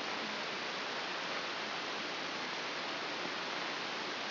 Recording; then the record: brain microelectrode recording played as sound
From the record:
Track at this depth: inside the subthalamic nucleus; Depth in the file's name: 3.426 mm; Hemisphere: left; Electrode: 3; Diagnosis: Parkinson's disease